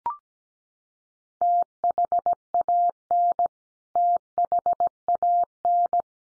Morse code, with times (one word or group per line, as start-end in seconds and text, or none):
1.4-3.5 THAN
4.0-6.0 THAN